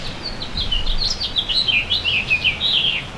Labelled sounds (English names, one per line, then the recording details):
House Finch song
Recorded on Long Island, New York, on 26 May 2012
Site OB
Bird A